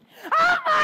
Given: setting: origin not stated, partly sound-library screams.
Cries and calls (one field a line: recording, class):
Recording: one-second piece from a danger detection set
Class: woman in danger